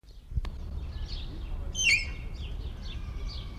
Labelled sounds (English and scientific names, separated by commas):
Malayan Tapir (Tapirus indicus) call